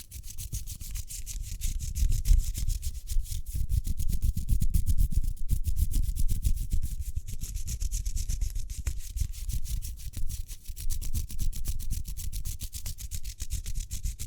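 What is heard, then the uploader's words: Hands rub quickly and continuously, a fast, dense brushing with many short strokes packed closely together. The sound is mostly low and muffled, with a thin hiss of skin friction on top, and it stays steady in level from start to finish. ASMR Speedy Hand Sounds (No Talking).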